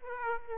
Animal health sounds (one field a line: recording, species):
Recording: mosquito wingbeat signal from an infrared sensor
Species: Aedes aegypti